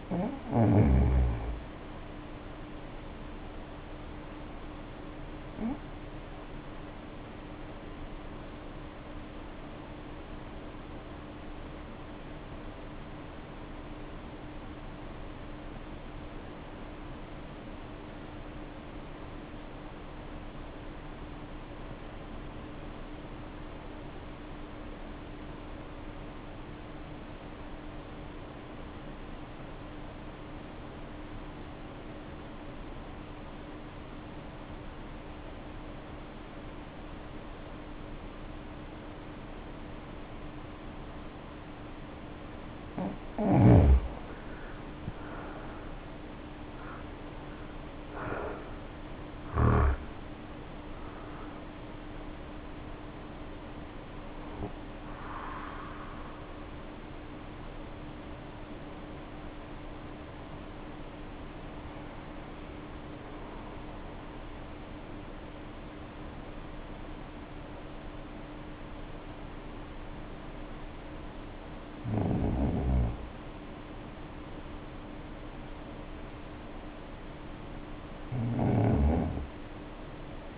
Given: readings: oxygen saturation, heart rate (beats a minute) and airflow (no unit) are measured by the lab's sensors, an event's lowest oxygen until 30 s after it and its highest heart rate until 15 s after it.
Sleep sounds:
breathing in sleep by a voice recorder at the bedside; 1
7.00-43.00 s: obstructive apnea (N1, oxygen 94% highest, then 76% lowest, heart rate 54 at the start, 72 highest)
26.00-56.00 s: new sleep stage, N2 (light sleep)
56.00-80.58 s: new sleep stage, N1 (lightest sleep)
From the record:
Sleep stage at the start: N1 (lightest sleep); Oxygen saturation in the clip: 76 to 94%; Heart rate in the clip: 48 to 72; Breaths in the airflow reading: 13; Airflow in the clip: -3.7 to 2.9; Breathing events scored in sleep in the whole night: 520 in 7.2 hours asleep

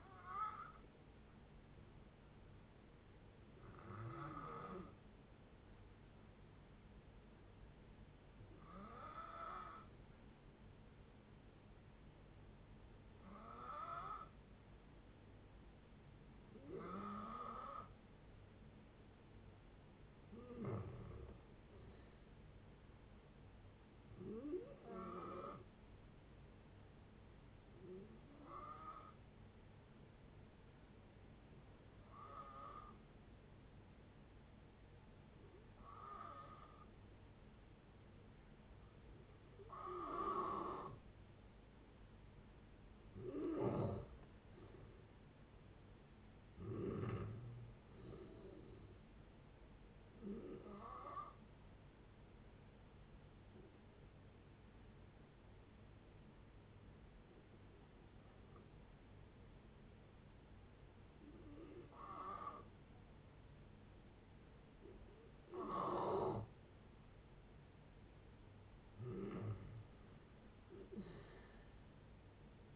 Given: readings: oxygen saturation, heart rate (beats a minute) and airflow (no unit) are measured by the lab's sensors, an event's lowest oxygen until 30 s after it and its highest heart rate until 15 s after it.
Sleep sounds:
breathing in sleep by a voice recorder at the bedside; 3
3.00-19.90 s: hypopnea (N1, oxygen 95% highest, then 90% lowest, heart rate 60 at the start, 67 highest)
11.00-41.00 s: new sleep stage, N2 (light sleep)
26.00-42.00 s: hypopnea (N2, oxygen 93% highest, then 87% lowest, heart rate 67 at the start, 72 highest)
41.00-71.00 s: new sleep stage, N1 (lightest sleep)
53.00-68.60 s: hypopnea (N1, oxygen 94% highest, then 88% lowest, heart rate 69 at the start, 75 highest)
71.00-72.76 s: new sleep stage, N2 (light sleep)
From the record:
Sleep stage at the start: N1 (lightest sleep); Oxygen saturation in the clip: 85 to 95%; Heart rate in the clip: 56 to 76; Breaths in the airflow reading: 16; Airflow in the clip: -8.3 to 12.7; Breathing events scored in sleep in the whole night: 496 in 5.4 hours asleep

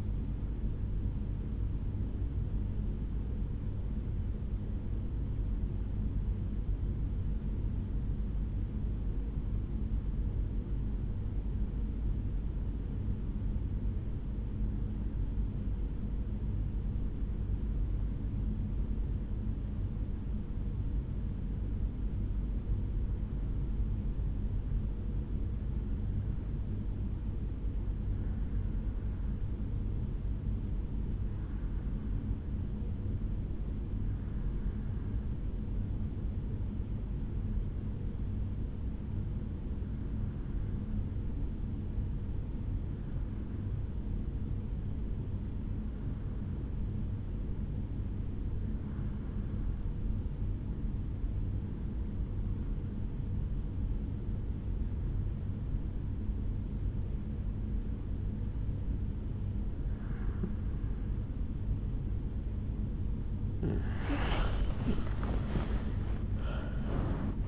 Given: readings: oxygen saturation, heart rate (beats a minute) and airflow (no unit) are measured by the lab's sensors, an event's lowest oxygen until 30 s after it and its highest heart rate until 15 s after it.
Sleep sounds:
breathing in sleep by a smartphone at the bedside; 1
3.00-63.00 s: hypopnea (REM, oxygen 94% highest, then 76% lowest, heart rate 65 at the start, 80 highest)
From the record:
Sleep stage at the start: REM sleep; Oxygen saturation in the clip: 80 to 94%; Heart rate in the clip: 54 to 72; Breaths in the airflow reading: 24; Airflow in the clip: -10.9 to 9.9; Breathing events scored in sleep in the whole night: 449 in 7.0 hours asleep

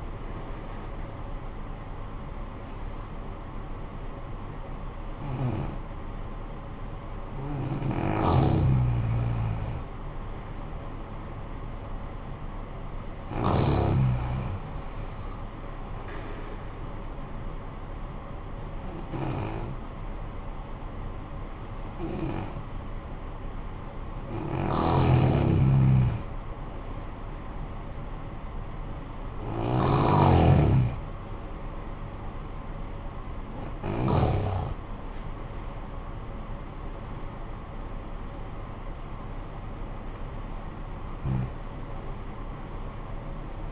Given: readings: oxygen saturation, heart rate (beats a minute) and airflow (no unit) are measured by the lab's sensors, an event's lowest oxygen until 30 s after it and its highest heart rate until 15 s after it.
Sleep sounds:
breathing in sleep by a smartphone at the bedside; 1
20.00-35.50 s: hypopnea (N1, oxygen 95% highest, then 94% lowest, heart rate 58 at the start, 69 highest)
From the record:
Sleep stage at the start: N1 (lightest sleep); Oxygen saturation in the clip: 82 to 95%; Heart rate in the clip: 48 to 69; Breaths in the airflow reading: 8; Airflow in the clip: -10.9 to 9.8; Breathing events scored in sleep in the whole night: 445 in 7.6 hours asleep

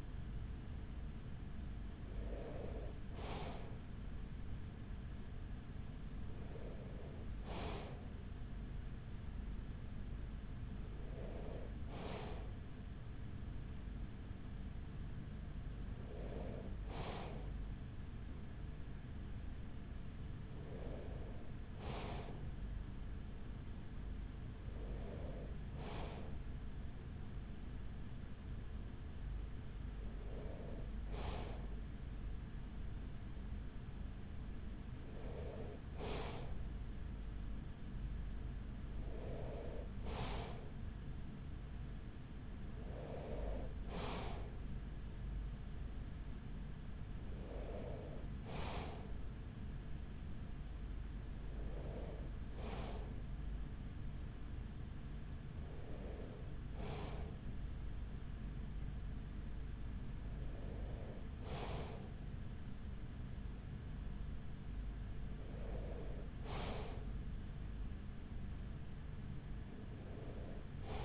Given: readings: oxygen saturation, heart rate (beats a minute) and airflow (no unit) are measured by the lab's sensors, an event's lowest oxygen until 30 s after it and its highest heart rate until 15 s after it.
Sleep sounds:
breathing in sleep by a smartphone at the bedside; none
44.00-71.05 s: new sleep stage, N2 (light sleep)
From the record:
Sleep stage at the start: N3 (deep sleep); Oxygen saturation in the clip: 94%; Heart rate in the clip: 42 to 45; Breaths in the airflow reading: 15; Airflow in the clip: -7.1 to 6.2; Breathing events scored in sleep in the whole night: 207 in 7.6 hours asleep

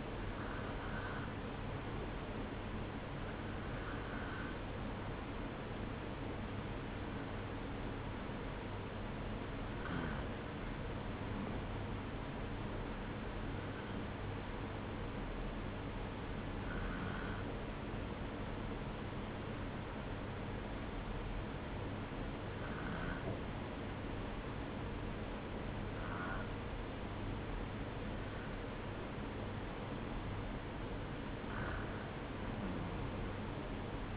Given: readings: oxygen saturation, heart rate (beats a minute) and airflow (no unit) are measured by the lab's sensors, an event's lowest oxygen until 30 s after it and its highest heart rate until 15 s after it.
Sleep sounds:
breathing in sleep by a voice recorder at the bedside; none
22.00-34.16 s: new sleep stage, REM sleep
From the record:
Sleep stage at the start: N1 (lightest sleep); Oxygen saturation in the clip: 92 to 94%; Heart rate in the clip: 61 to 65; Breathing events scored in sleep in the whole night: 305 in 9.6 hours asleep

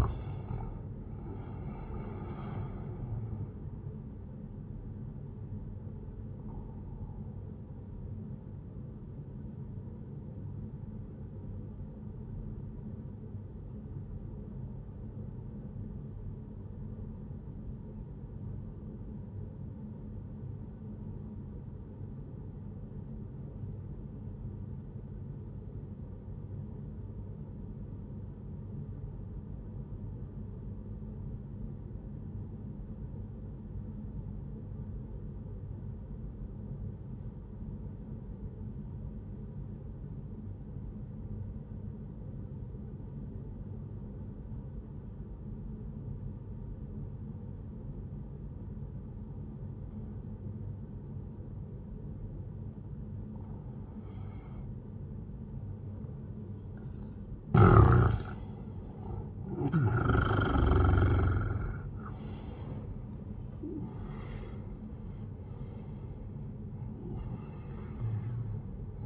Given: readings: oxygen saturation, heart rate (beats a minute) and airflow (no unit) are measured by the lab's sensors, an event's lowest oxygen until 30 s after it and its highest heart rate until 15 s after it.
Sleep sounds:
breathing in sleep by a smartphone at the bedside; 1
14.00-56.80 s: obstructive apnea (N1, oxygen 97% highest, then 89% lowest, heart rate 61 at the start, 80 highest)
24.00-54.00 s: new sleep stage, N2 (light sleep)
54.00-69.06 s: new sleep stage, N1 (lightest sleep)
From the record:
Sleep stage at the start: N1 (lightest sleep); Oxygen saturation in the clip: 89 to 97%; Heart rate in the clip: 61 to 80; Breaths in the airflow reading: 5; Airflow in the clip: -13.7 to 14.3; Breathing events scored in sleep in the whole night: 131 in 7.2 hours asleep

